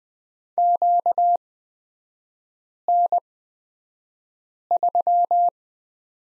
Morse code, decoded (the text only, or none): QN3